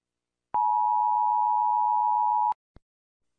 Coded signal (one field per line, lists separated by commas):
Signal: Emergency Alert System (SAME) tones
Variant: 853 and 960 Hz attention tone